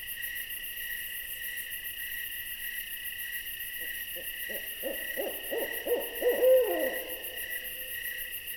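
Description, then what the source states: Owl calling in a series of short hoots that swell into a louder drawn note. An owl visiting.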